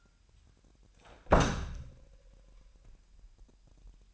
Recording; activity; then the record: daily activity, microphone in the room; close door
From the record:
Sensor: 2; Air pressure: 998.3 hPa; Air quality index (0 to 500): 139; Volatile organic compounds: 4 ppm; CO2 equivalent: 1568 ppm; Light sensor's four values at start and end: 12/35/14/14 and 12/35/14/14